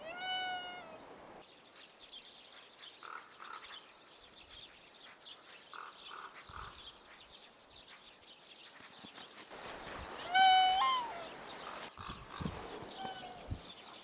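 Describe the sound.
Raccoon calls: a mewing note at the start, rustling and scattered knocks follow, then a louder, sharply rising mewing cry near the end.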